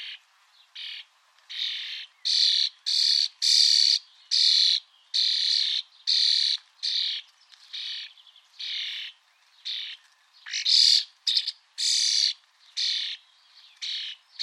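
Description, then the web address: Bird squawks start faint and become loud, grating bursts, repeated at an uneven pace of roughly one per second. "Deverinetal 2025. Bird Only"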